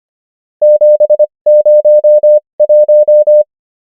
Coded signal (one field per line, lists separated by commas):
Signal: Morse code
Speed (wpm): 25 wpm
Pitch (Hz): 600 Hz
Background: none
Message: 701